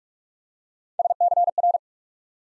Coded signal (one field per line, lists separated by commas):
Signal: Morse code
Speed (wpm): 44 wpm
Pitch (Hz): 700 Hz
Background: none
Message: SCR